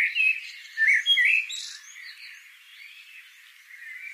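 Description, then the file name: Eurasian blackbird calls, a few clear arched notes in the first second and a half, then fainter twittering. "Turdus merula"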